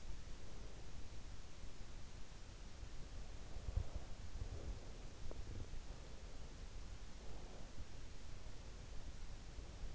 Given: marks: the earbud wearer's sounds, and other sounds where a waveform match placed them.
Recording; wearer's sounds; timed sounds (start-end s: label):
sounds in sleep by an in-ear microphone; breath
0.00-1.60 s: breath
3.43-5.30 s: breath
5.88-7.75 s: breath